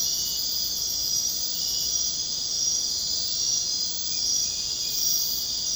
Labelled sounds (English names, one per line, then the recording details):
none
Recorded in secondary vegetation near Puerto Asís, Putumayo, Colombia, on 22 June 2025 at 23:30
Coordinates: 0.484, -76.319
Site G074